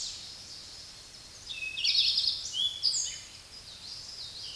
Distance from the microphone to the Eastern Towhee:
about 15 m